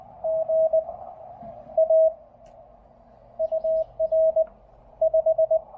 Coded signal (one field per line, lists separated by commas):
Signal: Morse code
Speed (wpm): 19 wpm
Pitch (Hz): 640 Hz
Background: radio noise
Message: GA UR 5